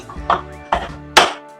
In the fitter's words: and this is where you lock it up